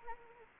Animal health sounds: mosquito wingbeat signal from an infrared sensor; Anopheles arabiensis

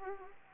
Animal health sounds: mosquito wingbeat signal from an infrared sensor; Anopheles arabiensis

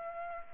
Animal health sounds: mosquito wingbeat signal from an infrared sensor; Aedes aegypti

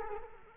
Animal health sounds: mosquito wingbeat signal from an infrared sensor; Culex quinquefasciatus

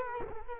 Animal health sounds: mosquito wingbeat signal from an infrared sensor; Culex quinquefasciatus

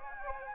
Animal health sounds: mosquito wingbeat signal from an infrared sensor; Anopheles gambiae

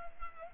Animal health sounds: mosquito wingbeat signal from an infrared sensor; Culex pipiens

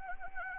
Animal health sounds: mosquito wingbeat signal from an infrared sensor; Anopheles arabiensis

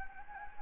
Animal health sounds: mosquito wingbeat signal from an infrared sensor; Anopheles gambiae

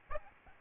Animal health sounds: mosquito wingbeat signal from an infrared sensor; Aedes albopictus

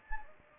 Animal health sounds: mosquito wingbeat signal from an infrared sensor; Anopheles gambiae

